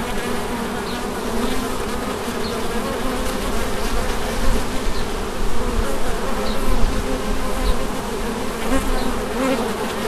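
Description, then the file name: Bees buzzing as a dense, steady drone, with brief higher whines now and then. Recorded at St Bonnet, France, on 30 July 2016 with a MiniDisc recorder. "Abeilles St Bonnet le Ch 30 07 16"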